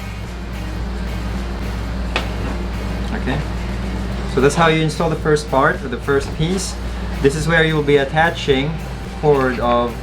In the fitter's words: unit phone so it just snaps in place so